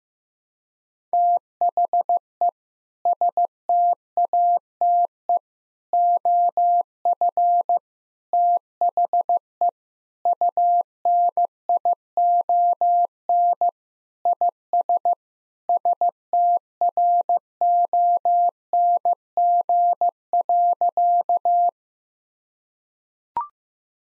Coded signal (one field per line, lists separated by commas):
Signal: Morse code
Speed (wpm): 15 wpm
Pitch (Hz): 700 Hz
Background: none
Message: THE STATE OF THE UNION IS STRONG.